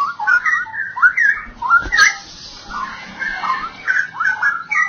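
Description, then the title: Oriental magpie-robin song, a continuous run of varied whistled and slurred phrases, rising and falling, with a brief click near the middle. "Kicau Kacer"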